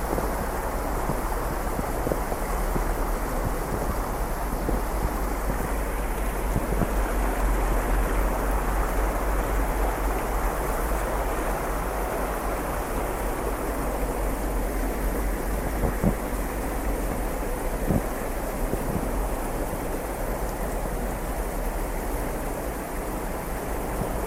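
A steady, dense rush of river water and wind runs throughout, with a constant low rumble and occasional faint crunching clicks of footsteps in snow.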